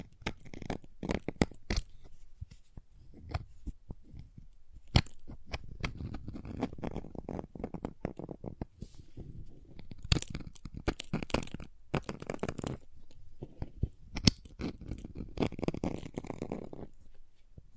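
Crayons being tapped, carved and cut produce a dense, irregular stream of sharp clicks and crisp crunching snaps. Scraping, grainy rubbing fills the gaps throughout, with busier clusters of hard taps around six, ten to twelve, and fourteen to seventeen seconds.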